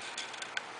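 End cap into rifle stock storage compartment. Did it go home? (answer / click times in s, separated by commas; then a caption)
yes / 0.6 s. An end cap is pushed onto the storage compartment of a B5 Systems rifle stock without the storage tube inserts, since the caps lock into place on their own. A couple of faint, light contact sounds come first, then a sharp click at 0.6 s as the cap locks in place.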